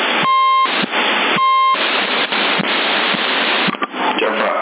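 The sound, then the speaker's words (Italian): A phone rings with an incoming call: two short, steady electronic tones about a second apart, sounding over constant hiss, followed by crackly, noisy clicks. “Aspetta un attimo, che mi stanno chiamando. Secondo il telefono.”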